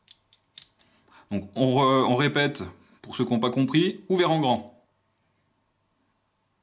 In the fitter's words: donc j'en met en place donc on entend bien le petit clic et donc